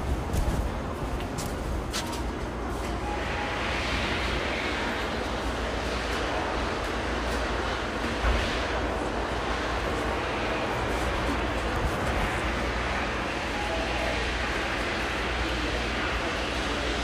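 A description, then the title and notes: A steady, dense wash of traffic and engine rumble at a gas station, heavy in the low end and nearly constant in level throughout. Brief clicks and knocks appear early, around one to two seconds, and faint voices and short tones surface in the background. A brain tingly visit to a gas station.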